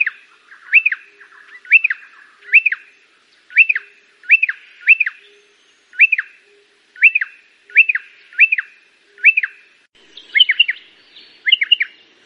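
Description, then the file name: Pardalote song: single clipped high notes repeated steadily about every three-quarters of a second, switching near the end to doubled notes. "canto do pardalote"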